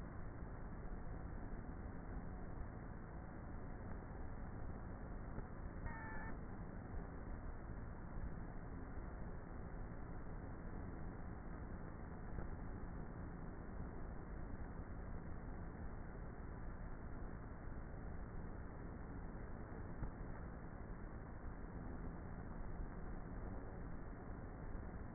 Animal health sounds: honeybee colony, microphone inside the hive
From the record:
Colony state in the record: queenless with a low population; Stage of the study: before two queens were removed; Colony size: about 30,000 bees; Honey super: no

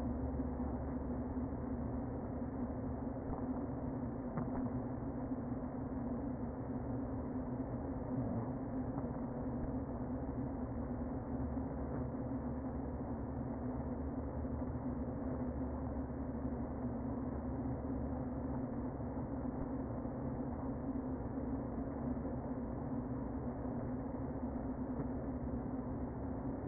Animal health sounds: honeybee colony, microphone inside the hive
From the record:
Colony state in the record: queen present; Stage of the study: before two queens were removed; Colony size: about 60,000 bees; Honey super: yes

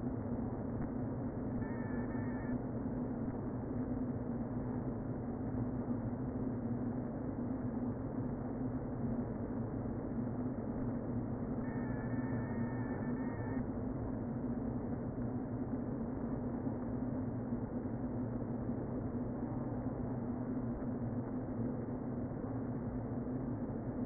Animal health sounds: honeybee colony, microphone inside the hive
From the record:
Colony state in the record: queen present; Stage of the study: before two queens were removed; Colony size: about 60,000 bees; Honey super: yes

